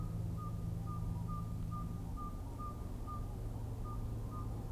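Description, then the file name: Northern saw-whet owl giving a steady series of short, even, mid-pitched toots, about two per second, over a low rumbling hum. 15 February 2019. "sawwhetowl 190215"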